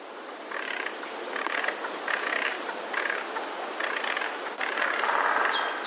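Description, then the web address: Eurasian jay giving harsh, rasping alarm screeches, short noisy bursts repeated several times over a steady background hiss. Alarm call, recorded 5 February 2023. "wroblowe ostrzegator sojka 05 02 2023"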